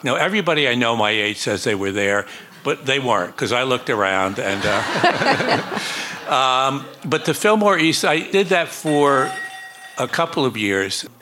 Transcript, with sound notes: Now, everybody I know my age says they were there, but they weren't 'cause I looked around and...
(LAUGHTER)
But the Fillmore East, I did that for a couple of years.